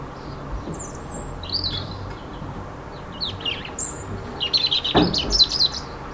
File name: Rouge-gorge dans la ville 28 02 15